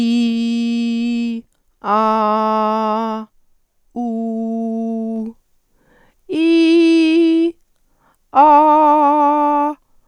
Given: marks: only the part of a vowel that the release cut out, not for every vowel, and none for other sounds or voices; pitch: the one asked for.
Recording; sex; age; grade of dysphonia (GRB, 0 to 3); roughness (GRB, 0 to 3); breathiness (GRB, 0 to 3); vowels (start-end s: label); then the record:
sustained vowels; female; 50 to 59 years; 0; 0; 0
0.00-1.20 s: vowel /i/, normal pitch
1.98-3.06 s: vowel /a/, normal pitch
4.04-5.18 s: vowel /u/, normal pitch
6.44-7.40 s: vowel /i/, high pitch
8.47-9.57 s: vowel /a/, high pitch
From the record:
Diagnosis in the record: recurrent laryngeal nerve paralysis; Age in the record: 54 years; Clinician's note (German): Rechts, phonatorisch komplett kompensiert